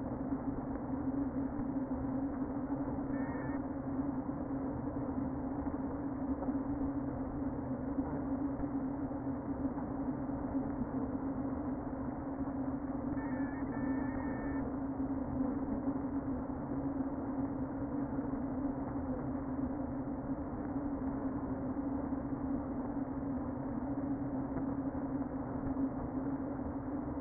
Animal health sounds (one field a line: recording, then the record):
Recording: honeybee colony, microphone inside the hive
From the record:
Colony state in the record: queen present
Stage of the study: before two queens were removed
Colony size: about 60,000 bees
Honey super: yes